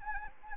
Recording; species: mosquito wingbeat signal from an infrared sensor; Anopheles arabiensis